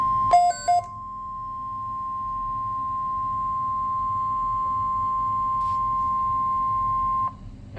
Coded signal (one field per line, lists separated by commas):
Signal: Emergency Alert System (SAME) tones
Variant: 1050 Hz attention tone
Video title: 4 Emergency Alert System captures from 7/4/22 (SVR x3, SMW x1, double header) on KZZ81 Lockport